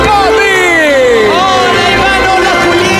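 A loud, steady crowd roar with rising and falling cheers and whoops layered over continuous clapping noise, sustained for about three seconds.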